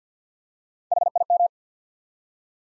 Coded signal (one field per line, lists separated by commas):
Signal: Morse code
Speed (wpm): 50 wpm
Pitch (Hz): 700 Hz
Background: none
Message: H I M